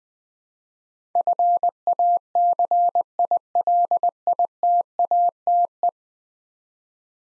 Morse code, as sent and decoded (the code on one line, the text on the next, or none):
..-. .- -.-. .. .-.. .. - .- - .
FACILITATE